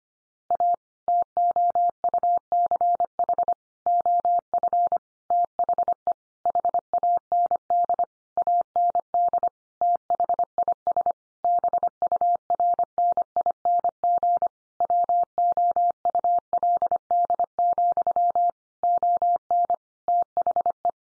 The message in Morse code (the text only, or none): A TOUCH OF THE HAND AND THIS BURNING WOULD, ON THE